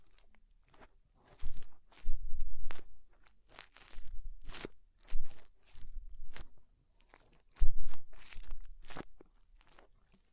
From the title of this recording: Inner Ear Cleaning Using Fingers